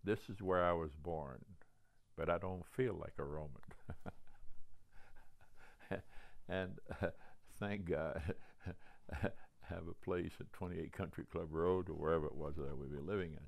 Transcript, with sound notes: 'This is where I was born but I don't feel like a Roman.' [chuckles] And thank God. I have a place at 28 Country Club Road, or wherever it was that I would be living.